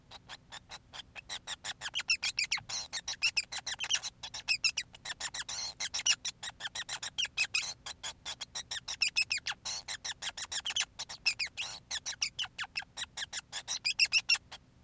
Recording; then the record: song of a male Bengalese finch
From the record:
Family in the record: son of father 5